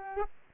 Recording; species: mosquito wingbeat signal from an infrared sensor; Aedes aegypti